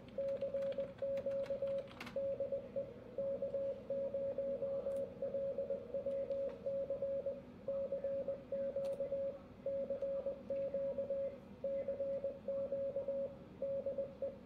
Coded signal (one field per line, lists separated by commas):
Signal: Morse code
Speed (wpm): 20 wpm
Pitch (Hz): 550 Hz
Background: radio noise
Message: CQ DE K0LWC CQ CQ CQ DE